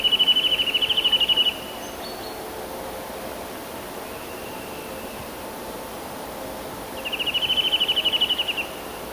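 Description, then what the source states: Eurasian nuthatch giving rapid, even trills: one at the start, a faint one in the middle and a louder one near the end, over constant rushing noise. Fast trills.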